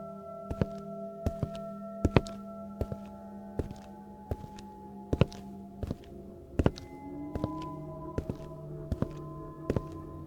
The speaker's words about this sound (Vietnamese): Tiếng bước chân người lặng lẽ bước vào bên trong.